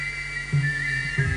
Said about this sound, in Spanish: hay algo que escuché así de fondo, sí, pero no salió muy al aire, que es el principio, que creo que está silbando.